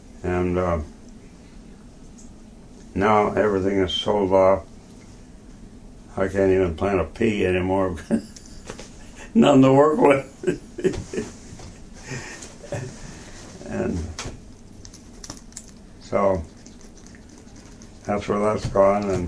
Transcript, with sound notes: Now, everything is sold off. I can't even plant a pea anymore. Nothing to work with. [laughter] So that's where that has gone.